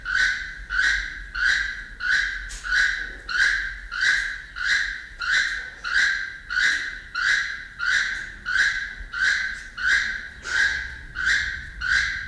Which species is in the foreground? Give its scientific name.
Ramphastos sulfuratus